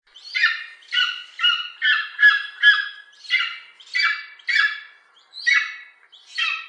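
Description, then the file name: Golden eagle giving a series of harsh, downslurred yelps. "orzelprzedni"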